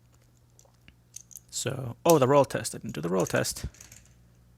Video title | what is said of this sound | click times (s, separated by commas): 1968 Mercury Cougar from Greenlight's GL Muscle Series 23 | 427 GTE so if look at how nicely that hood snaps in place | 1.2 s, 1.4 s